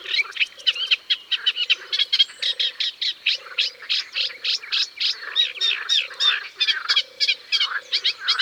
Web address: Rousserolle effarvatte. album abc-de-la-nature